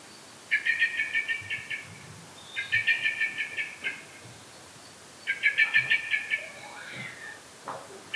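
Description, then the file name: Common blackbird giving chattering calls: three bursts of rapid, harsh repeated notes with quiet gaps between them. "Turdus merula"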